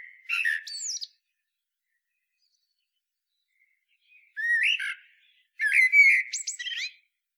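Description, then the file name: Common blackbird song: a phrase cut off at the start, then after a few seconds' silence a mellow whistled warble followed by squeaky high twittering. "Turdus merula"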